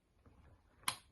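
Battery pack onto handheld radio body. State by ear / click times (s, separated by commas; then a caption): seated / 0.9 s. A battery pack is slid onto the front part of a handheld walkie-talkie with light pressure until it latches. Soft handling sounds are followed by a single sharp click at 0.9 s as the battery seats, meaning the radio is ready.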